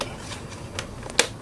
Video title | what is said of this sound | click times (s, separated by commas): iMac Medio 2007 RAM Bijplaatsen | it goes and you'll hear a little snap and then | 1.2 s